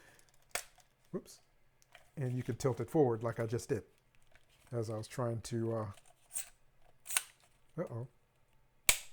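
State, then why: Seated. A smartphone is fitted into the phone holder of a drone remote controller while someone talks, with a few light clicks and taps along the way. A sharp snap at 8.9 s marks the phone seating in the stiff holder and snapping into place.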